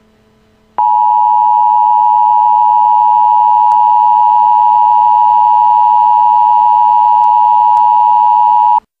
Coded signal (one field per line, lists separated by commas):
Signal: Emergency Alert System (SAME) tones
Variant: 853 and 960 Hz attention tone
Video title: EAS Alert 2: Severe Weather